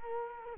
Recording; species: mosquito wingbeat signal from an infrared sensor; Culex quinquefasciatus